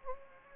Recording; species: mosquito wingbeat signal from an infrared sensor; Anopheles gambiae